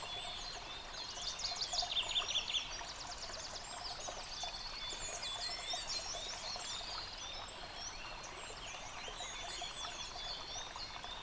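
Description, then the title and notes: Birds in full chorus, a burst of rapid high trills early on, then scattered whistles and chirps above constant running water. Bird chorus recorded beside a stream at Dlouhý Důl, Krásná Lípa, Czechia, on a ZOOM H6 recorder. "Dlouhý Důl 14, 407 47 Krásná Lípa, Czechia - Ptáci a potok. Ptačí sněm snímaný u potoka.. nahráno na ZOOM H6"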